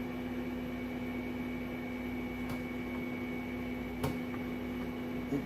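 A graphics card is pushed into the PCIe slot on a motherboard over a steady background hum, and a single sharp click is heard at 4.0 s. The card latches at the back only and is not fully seated at the front.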